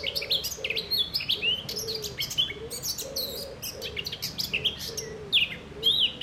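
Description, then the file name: Eurasian blackcap warbling continuously with fast, varied whistled notes, while soft low hooting pulses repeat underneath. "Sylvia atricapilla"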